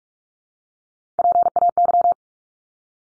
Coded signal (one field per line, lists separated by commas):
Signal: Morse code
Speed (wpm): 44 wpm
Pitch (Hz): 700 Hz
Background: none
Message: PAY